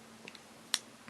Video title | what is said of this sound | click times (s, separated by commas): Benchmade 915 Triage (Knife Review) | you hear it snap there | 0.7 s